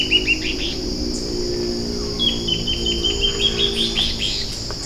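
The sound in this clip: Bird gives a few high notes early, then a fast run of sharp chips, over insect buzzing and a low droning hum.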